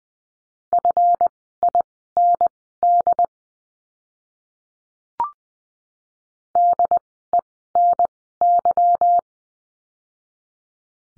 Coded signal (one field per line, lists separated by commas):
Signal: Morse code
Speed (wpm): 20 wpm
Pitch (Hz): 700 Hz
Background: none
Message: FIND DENY